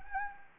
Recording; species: mosquito wingbeat signal from an infrared sensor; Anopheles gambiae